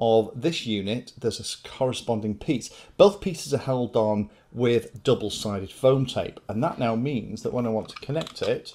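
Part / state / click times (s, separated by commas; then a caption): analogue receiver adapter onto mount on back of FPV goggles / not seated / none. A removable analogue receiver module and its 3D-printed slide-on mount on the back of DJI HD FPV goggles, both pieces held on with double-sided foam tape, are handled while someone talks. Nothing has seated or locked into place yet.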